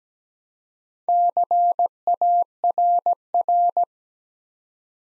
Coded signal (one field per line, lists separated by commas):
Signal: Morse code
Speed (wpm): 17 wpm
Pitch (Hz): 700 Hz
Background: none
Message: CARR